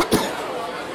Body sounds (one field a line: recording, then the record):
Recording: coughing mixed with background sound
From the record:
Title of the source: 31 night wet cough